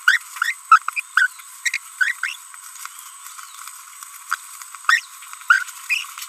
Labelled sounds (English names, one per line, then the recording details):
Green-rumped Parrotlet babbling
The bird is a female
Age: 30 days
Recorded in a nest box in Venezuela
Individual 17B42B3